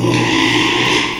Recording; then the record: squeal of a Yucatan mini pig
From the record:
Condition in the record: after surgery on the right vocal fold (resection and tissue-engineered implant); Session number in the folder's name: 1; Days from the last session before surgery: 6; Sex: male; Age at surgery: 12 weeks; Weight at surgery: 13 kg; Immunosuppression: cyclosporine, prednisolone